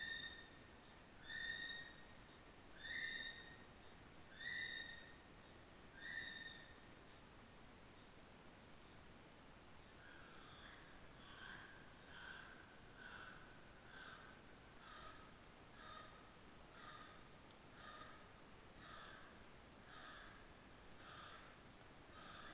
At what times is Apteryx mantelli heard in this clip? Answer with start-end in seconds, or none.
0.00-6.85, 9.82-22.53